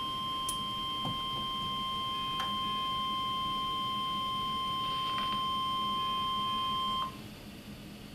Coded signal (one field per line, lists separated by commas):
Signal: Emergency Alert System (SAME) tones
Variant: 1050 Hz attention tone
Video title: NOAA Weather Radio | 04/19/15 Severe Weather Event